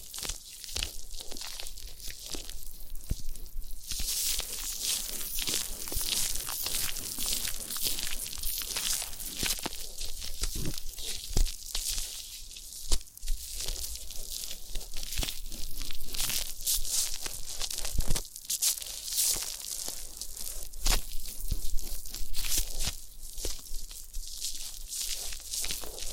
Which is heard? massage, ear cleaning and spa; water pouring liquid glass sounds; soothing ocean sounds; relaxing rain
massage, ear cleaning and spa